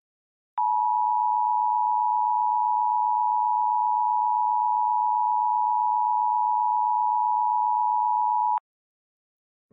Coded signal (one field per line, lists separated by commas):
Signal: Emergency Alert System (SAME) tones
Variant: 853 and 960 Hz attention tone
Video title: EAS - A Perfectly Normal RMT